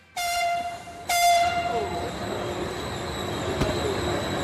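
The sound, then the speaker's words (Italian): Matteo Renzi's train, run by the PD leader, sounds its horn in two loud, harmonically rich blasts, the second longer, as it pulls out of Tiburtina station, followed by a steady rolling rumble with faint wheel squeal. “è partito il treno di Matteo Renzi, 300.000 euro da stazione Tiburtina”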